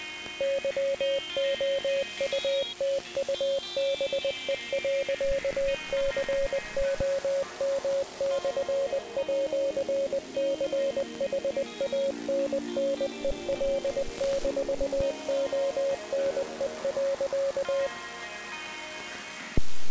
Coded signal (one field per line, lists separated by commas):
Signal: Morse code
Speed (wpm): 20 wpm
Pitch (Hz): 550 Hz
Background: music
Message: YOUTUBE.COM/@CHANNEL-ONE.